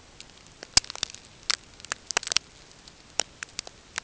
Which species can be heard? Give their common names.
none